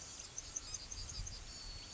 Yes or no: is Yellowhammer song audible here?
yes